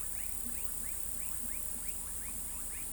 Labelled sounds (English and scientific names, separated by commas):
none